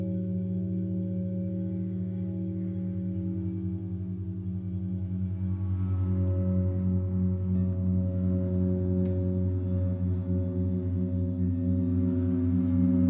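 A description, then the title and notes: A gong bath of deep, sustained ringing tones that swell slightly louder after six seconds, with slow pulsing shimmer layered through the low hum. Gong Bath. Steve Gong runs classes for groups in a church hall in Ainsdale Merseyside.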